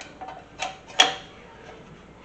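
A CPU cooler fan is refitted onto its heatsink/cooler mount while a PC is being reassembled. A faint tick sounds at 0.6 s, then a sharp, loud snap at 1.0 s as the fan seats in place, followed by quiet.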